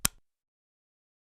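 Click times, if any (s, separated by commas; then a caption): 0.1 s. A Nest thermostat display, held with the logo at the top, is pushed onto its wall-mounted base and clicks into place. A single sharp, broadband click lands at 0.0 s with a brief low rattle after it, then silence. The display is seated on the base.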